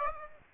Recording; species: mosquito wingbeat signal from an infrared sensor; Aedes aegypti